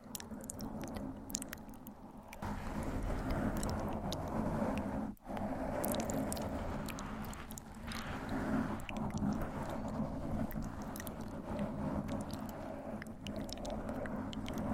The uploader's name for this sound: Gentle Mic Scratching & Soft Inaudible Whispering